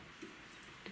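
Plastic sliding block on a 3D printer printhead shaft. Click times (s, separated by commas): 0.6 s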